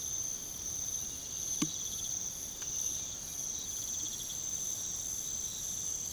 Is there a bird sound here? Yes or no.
no